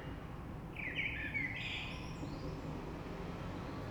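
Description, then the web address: Common blackbird's song: one short, low fluting phrase with a faint high squeaky ending, partly masked by steady low rumble. Recorded 3 March 2020. "oiseaux Rush Merle 3-3-2020"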